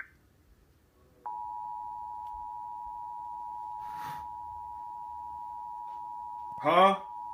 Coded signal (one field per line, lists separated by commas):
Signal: Emergency Alert System (SAME) tones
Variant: 853 and 960 Hz attention tone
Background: speech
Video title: EAS Alert #4: Severe Thunderstorm Warning for Hendricks, Marion, and Morgan in Indiana.